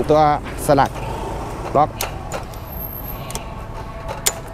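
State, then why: Seated. Someone talks while the leg of a 2021 steel-frame folding camping table, adjustable to 4 levels, is raised to level 2. A couple of small ticks follow, then at 4.3 s the leg's spring locking pin snaps into its height hole with a sharp, loud click, locking the leg in place.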